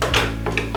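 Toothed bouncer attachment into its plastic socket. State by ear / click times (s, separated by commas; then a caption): not seated / none. The toothed end of a baby bouncer/carrier attachment, from a Joie Serina or Cocolatte Snuggli bouncer, is handled and pushed toward its plastic socket. Short knocks are heard near 0.0, 0.1 and 0.6 seconds over a low steady hum. Nothing has seated or clicked yet.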